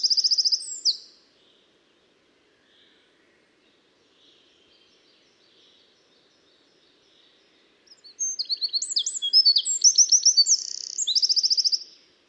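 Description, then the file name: Eurasian wren: a short shrill trill, then a long quiet gap with faint soft notes, followed by a full loud song of rapid high notes and trills. "Troglodytes troglodytes"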